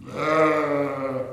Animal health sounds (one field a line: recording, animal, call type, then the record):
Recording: contact call of a hoofed animal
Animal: sheep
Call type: low-frequency (closed-mouth) or high-frequency (open-mouth) call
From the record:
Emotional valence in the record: negative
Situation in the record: short social isolation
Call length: 1.33 s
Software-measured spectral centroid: 1540 Hz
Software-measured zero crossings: 1490 a second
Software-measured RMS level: -23 dBFS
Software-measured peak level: -7 dBFS